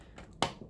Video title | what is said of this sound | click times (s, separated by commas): Dell XPS 8930 Add Graphics card Part 1 | there you go so it's that little blue tab is going to click and it's going to move up | 0.4 s